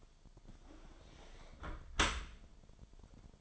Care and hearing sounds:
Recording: daily activity, microphone in the room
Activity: close dishwasher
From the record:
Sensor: 5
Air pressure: 1003.2 hPa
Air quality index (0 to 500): 136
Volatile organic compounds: 2 ppm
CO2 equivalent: 990 ppm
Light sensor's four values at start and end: 80/195/80/92 and 71/171/71/80

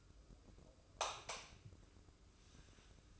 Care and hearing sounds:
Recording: daily activity, microphone in the room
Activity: light off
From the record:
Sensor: 2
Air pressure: 995.2 hPa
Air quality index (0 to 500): 69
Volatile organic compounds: 2 ppm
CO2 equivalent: 1185 ppm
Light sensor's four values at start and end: 12/35/14/14 and 8/18/7/8

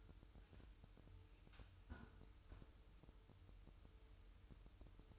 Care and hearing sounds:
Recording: daily activity, microphone in the room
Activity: close fridge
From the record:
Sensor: 2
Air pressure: 988.3 hPa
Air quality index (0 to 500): 193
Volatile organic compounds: 200 ppm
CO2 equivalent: 4215 ppm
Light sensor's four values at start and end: 21/72/28/27 and 21/72/28/27

